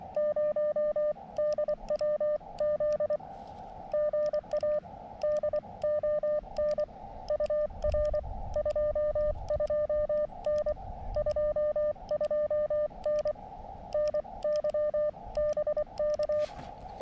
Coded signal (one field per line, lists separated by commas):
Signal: Morse code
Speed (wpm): 23 wpm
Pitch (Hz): 600 Hz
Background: none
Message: 0 DW Z GA D ON UR 22N 22N NY BK